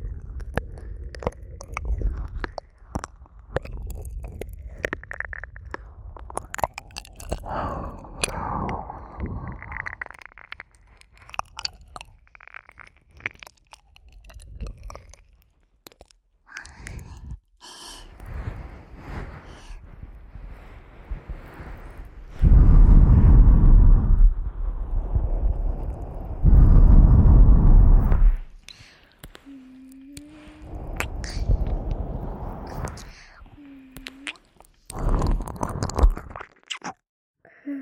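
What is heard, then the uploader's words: Close, wet mouth sounds of ear eating: sticky clicks, smacks and crunchy chewing noises scattered across the clip. Two loud, dense bursts of low rumbling rubbing arrive around 23 and 27 seconds, followed by softer rustling and brief low tones near the end. ASMR Intense Ear Eating.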